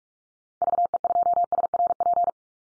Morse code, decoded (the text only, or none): VE2SRP